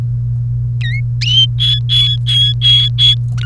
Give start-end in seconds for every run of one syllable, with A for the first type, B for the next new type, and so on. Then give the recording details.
0.81-1.00 A, 1.21-3.15 B, 3.38-3.46 C. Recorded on 1 May 2018 at 13:25. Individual llb3